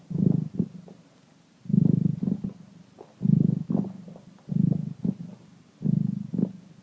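Cat purr, a low throbbing rumble that pulses in rounded bursts about every one and a half seconds, separated by quieter pauses.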